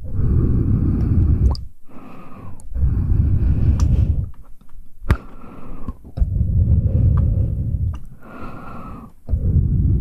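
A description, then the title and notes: Close mouth sounds: heavy, breathy rushes of air, like slow exhales and sighs, come in bursts every couple of seconds, separated by brief near-silent pauses. Sharp wet clicks and smacks punctuate the gaps, notably around two seconds and five seconds in. ASMR Close Mouth Sounds.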